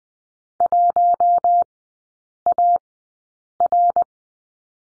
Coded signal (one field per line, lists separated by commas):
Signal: Morse code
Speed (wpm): 20 wpm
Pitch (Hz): 700 Hz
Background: none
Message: 1AR